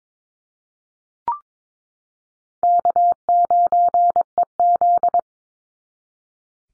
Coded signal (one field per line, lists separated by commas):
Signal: Morse code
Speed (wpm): 22 wpm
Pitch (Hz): 700 Hz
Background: none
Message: K9EZ